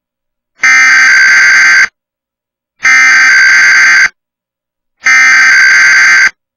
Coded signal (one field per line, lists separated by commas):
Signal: Emergency Alert System (SAME) tones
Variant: header bursts